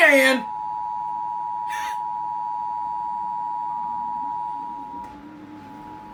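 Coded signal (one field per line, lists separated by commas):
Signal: Emergency Alert System (SAME) tones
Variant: 853 and 960 Hz attention tone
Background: speech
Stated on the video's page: Severe thunderstorm warning carried on the station WBKR.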